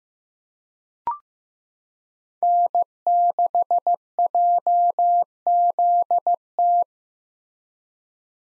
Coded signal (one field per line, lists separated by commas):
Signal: Morse code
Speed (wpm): 15 wpm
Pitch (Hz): 700 Hz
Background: none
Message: N6JZT